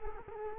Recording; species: mosquito wingbeat signal from an infrared sensor; Culex quinquefasciatus